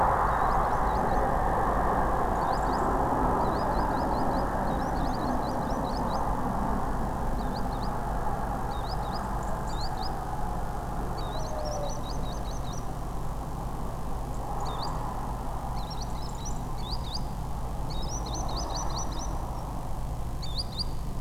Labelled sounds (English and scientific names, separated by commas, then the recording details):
Green Sandpiper (Tringa ochropus), European Robin (Erithacus rubecula), unidentified animal sound
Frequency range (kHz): Green Sandpiper (Tringa ochropus) 3.3-10.1 kHz; European Robin (Erithacus rubecula) 5.5-10.0 kHz
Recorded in France